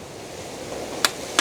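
A UYECOVE click-type torque wrench set to 40 Nm tightens a bolt over low, steady background noise. The handle gives a sharp click at 1.1 s, showing the set torque is reached, and a second short sharp sound follows at 1.4 s.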